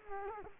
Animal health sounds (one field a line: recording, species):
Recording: mosquito wingbeat signal from an infrared sensor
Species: Culex quinquefasciatus